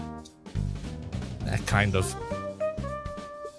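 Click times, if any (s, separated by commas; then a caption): none. A plastic turret is folded down into the tank body of a transforming action figure while someone talks over background music with drums. Soft plastic handling sounds are heard, with small sudden noises at about 0.3, 0.5, 1.1 and 1.5 seconds. The turret fails to lock into place and just sits there, so nothing has clicked.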